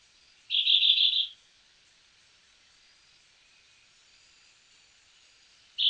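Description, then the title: Chestnut-bellied euphonia singing one high, buzzy, rattling burst under a second long, followed by quiet and the start of another burst at the end. "LuckyPassaro Completos2Sama. Chestnut-bellied Euphonia (Euphonia pectoralis)"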